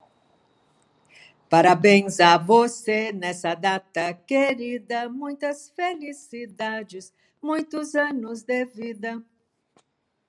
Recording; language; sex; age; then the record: short text; Brazilian Portuguese; female; 70 to 79 years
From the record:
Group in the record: control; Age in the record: 78 years